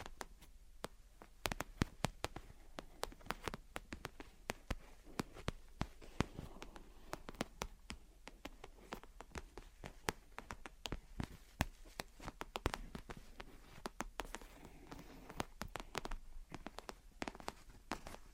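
Gentle tapping and scratching: sharp, crisp taps fall irregularly throughout, often in quick clusters of several at a time, sometimes nearly a dozen per second. Between them runs a soft, low rustle and faint scratching, with the taps staying bright and clicky.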